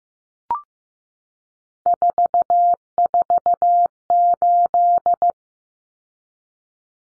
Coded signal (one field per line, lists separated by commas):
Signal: Morse code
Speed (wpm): 15 wpm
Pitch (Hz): 700 Hz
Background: none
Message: 448